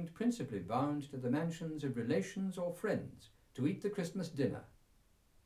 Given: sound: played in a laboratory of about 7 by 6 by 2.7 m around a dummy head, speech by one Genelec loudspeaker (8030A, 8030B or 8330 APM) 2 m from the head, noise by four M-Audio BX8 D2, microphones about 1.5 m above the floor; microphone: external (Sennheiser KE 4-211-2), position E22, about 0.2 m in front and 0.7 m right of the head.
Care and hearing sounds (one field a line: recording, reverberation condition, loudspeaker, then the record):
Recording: male speech in English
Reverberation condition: low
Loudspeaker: 120 degrees to the left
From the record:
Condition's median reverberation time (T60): about 310 ms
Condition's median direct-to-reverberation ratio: about 3.5 dB